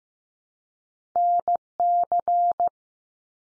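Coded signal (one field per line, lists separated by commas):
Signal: Morse code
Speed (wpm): 15 wpm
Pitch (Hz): 700 Hz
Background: none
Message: NC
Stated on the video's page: 15 wpm head-copy drill of US state names, each sent three times, spoken, then sent again.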